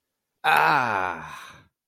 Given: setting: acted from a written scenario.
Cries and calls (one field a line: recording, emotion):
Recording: vocal sound without words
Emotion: pain